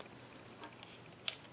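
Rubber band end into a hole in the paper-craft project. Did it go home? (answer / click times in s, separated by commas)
yes / 1.3 s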